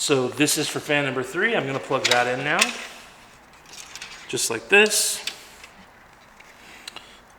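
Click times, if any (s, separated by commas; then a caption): 6.9 s. Someone talks, then pushes the plastic RGB lead plug for fan number 3 into its port on a Corsair RGB Hub, with a few faint handling taps before a sharp click at 6.9 s. The connector is seated.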